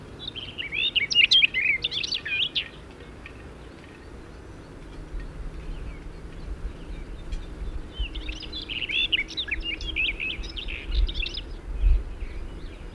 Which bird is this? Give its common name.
Barred Warbler